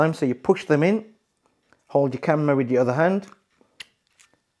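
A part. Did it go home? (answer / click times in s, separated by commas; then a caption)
released / 3.8 s. Someone talks while pressing the two release buttons on a Ulanzi Claw quick release clip, holding the camera with the other hand. A sharp click at 3.8 s follows, with a few faint ticks after it, as the quick release plate on the camera platform is released and taken out of the clip base.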